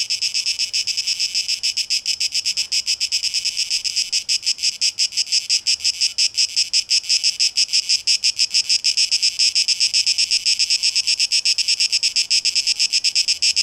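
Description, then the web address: Shrill cicada buzzing, a steady high drone with a rapid throbbing pulse, unbroken for the whole stretch. 12 August 2023, tape echo mix. "rauschpartikel Audio 2023-08-12 Zikaden (Tape Echo Mix)"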